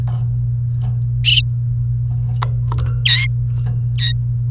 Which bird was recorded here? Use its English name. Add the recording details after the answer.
Domestic Canary. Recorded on 29 April 2018 at 09:28. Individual llb3